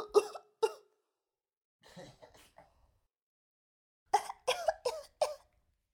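Two sharp coughs, followed by a quieter throaty rasp like throat clearing, then a run of four more forceful coughs from an adult. These are repeated cough bursts, a sound effect.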